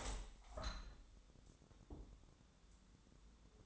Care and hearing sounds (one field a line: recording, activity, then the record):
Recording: daily activity, microphone in the room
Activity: open window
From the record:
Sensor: 3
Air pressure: 1000.4 hPa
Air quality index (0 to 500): 133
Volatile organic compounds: 2 ppm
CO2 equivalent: 1158 ppm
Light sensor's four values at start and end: 13/35/14/15 and 14/36/14/16